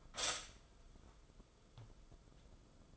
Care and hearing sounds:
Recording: daily activity, microphone in the room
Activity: stop toaster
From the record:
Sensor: 5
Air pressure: 994.6 hPa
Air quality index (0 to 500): 186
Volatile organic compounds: 1000 ppm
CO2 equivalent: 5441 ppm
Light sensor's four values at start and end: 43/131/51/56 and 43/132/52/57

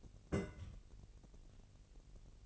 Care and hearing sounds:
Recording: daily activity, microphone in the room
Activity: place on stove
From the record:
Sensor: 4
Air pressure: 1002.8 hPa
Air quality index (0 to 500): 244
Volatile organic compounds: 11 ppm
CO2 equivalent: 2292 ppm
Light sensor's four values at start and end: 8/17/7/7 and 8/17/7/7

